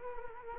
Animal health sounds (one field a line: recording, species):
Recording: mosquito wingbeat signal from an infrared sensor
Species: Culex quinquefasciatus